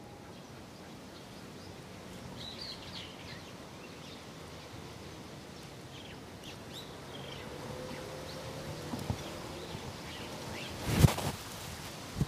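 Many birds gathered in a large tree in a park, their calls scattered and light over a steady outdoor hiss. Short chirps come in bursts throughout, with a low hum around eight to ten seconds and a sharp loud knock near eleven seconds.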